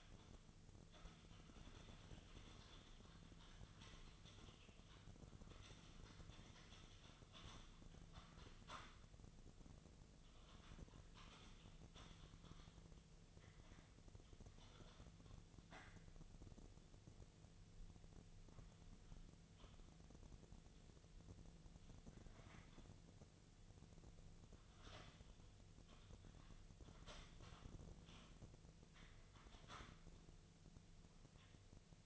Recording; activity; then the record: daily activity, microphone in the room; typing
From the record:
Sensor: 4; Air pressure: 1001.0 hPa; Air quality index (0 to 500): 141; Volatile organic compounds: 2 ppm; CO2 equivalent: 1041 ppm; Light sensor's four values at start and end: 26/64/26/28 and 26/63/26/28